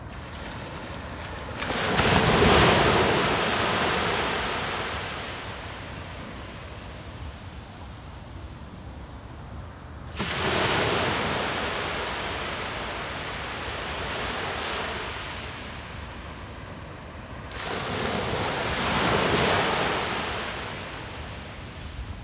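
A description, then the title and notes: Ocean waves wash onto a beach in three broad surges, breaking near 2, 10 and 18 seconds. Each one rises into a full hiss, then drains away slowly. Between them a low, steady rumble of surf continues, with no pause in the water sound. Five Minutes of Ocean Waves. This sound was recorded at Revere Beach in Revere, Mass.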